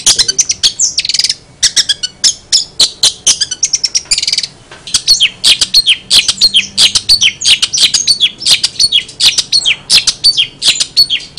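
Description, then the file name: Long-tailed shrike pouring out rapid, varied high chirps and twitters, pausing briefly twice early on before resuming a dense chattering stream. Song style named cililinan. "cendet cililinan"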